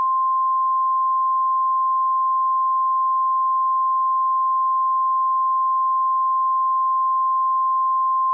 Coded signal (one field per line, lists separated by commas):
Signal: Emergency Alert System (SAME) tones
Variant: 1050 Hz attention tone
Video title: EAS Scenario | The Sun Explodes